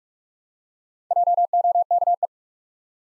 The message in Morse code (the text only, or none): JOKE